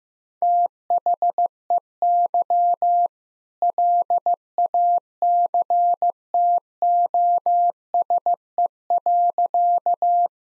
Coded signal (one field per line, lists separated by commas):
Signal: Morse code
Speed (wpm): 15 wpm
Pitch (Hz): 700 Hz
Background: none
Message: THEY LACTOSE.